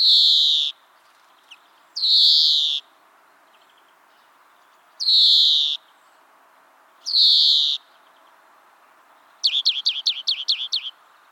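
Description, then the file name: European greenfinch repeating harsh, drawn-out nasal wheezes every two to three seconds, four in all, then a quick burst of bright twittering notes. "Chloris chloris"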